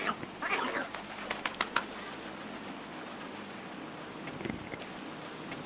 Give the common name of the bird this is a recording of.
Northern Bald Ibis